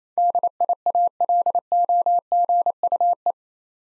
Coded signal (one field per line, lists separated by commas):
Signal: Morse code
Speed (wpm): 27 wpm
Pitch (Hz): 700 Hz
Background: none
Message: DIALOGUE